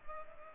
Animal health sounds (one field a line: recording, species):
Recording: mosquito wingbeat signal from an infrared sensor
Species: Culex pipiens